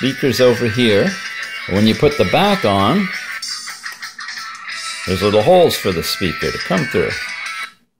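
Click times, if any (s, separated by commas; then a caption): none. Someone talks over background music while handling the plastic back cover of a Tenfifteen QW09 smartwatch near the smartwatch body, with a couple of brief handling sounds around the middle. The back cover has not yet seated or clicked in place on the watch by the end of the clip.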